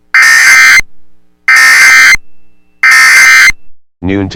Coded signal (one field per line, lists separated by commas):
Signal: Emergency Alert System (SAME) tones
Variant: end-of-message bursts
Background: speech